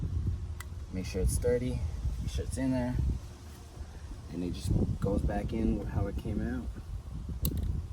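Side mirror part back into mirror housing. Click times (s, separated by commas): 7.5 s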